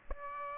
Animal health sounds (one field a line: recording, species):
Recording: mosquito wingbeat signal from an infrared sensor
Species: Aedes aegypti